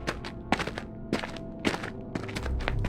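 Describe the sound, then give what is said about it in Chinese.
Steady footsteps draw near in an even walking rhythm, about eight heavy steps over a low background rumble, growing slightly louder toward the end, as three figures return in a World of Warcraft story. “格拉塔一直在凝视战局，几乎陷入了痴狂的境地，直到听见脚步声靠近，才转开目光。”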